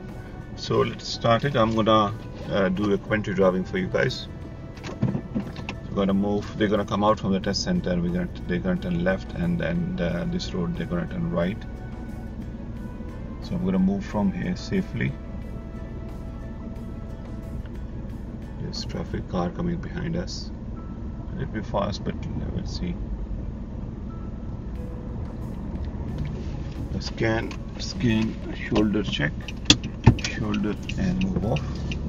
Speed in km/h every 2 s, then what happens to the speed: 0, 0, 0, 0, 0, 0, 0, 0, 0, 0, 0, 0, 0, 0, 0, 5.
0-29 standing.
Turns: none.